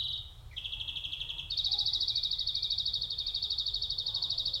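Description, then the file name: European greenfinch starting with brief twitters and a short trill, then launching into a long, even, rapid rattling trill that continues without a break to the end. "Chloris chloris"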